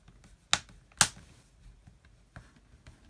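On a second pass around an Asus Memo Pad tablet, the remaining clips of the plastic back cover are pressed into the tablet chassis. Two sharp clicks ring out at 0.5 and 1.0 seconds, followed by a few faint soft ticks. The cover is seated, with its last clips snapped home.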